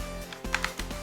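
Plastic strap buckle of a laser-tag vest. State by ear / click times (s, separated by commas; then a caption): seated / 0.6 s. The plastic strap buckle of a tactical laser-tag vest, worn over the head, is brought around the back and pushed up until it locks into place. Two sharp plastic clicks are heard at 0.5 and 0.6 seconds, with softer rustling knocks around them over a steady background tone. The buckle is seated.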